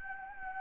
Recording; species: mosquito wingbeat signal from an infrared sensor; Anopheles gambiae